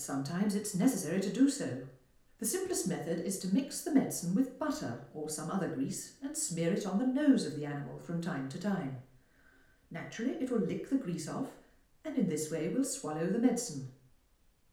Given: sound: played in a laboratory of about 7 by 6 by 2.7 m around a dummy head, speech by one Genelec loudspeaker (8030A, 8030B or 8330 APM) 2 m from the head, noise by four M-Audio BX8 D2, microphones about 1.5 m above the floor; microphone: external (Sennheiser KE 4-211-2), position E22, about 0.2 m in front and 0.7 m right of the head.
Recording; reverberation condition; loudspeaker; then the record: female speech in English; medium; behind (180 degrees)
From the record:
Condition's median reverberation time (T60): about 510 ms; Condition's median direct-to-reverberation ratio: about -0.5 dB